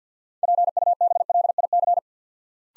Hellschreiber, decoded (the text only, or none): none